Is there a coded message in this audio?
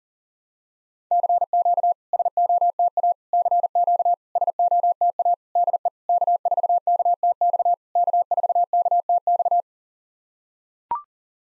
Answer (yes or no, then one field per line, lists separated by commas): yes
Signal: Morse code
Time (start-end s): 1.1-9.6 s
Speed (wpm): 40 wpm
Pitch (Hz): 700 Hz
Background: none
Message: CQ SOTA CQ SOTA DE K4KTX K4KTX